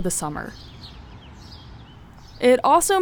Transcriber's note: natural sound: birdsong from around Northwestern’s campus